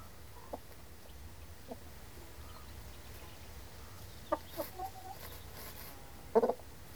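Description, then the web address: Chickens scratching and shuffling, with a few soft scattered clucks and scrapes over a low steady rumble of background noise. Chickens scratching; livestock. "The BBC Sound Effects Library. Chickens Scratching"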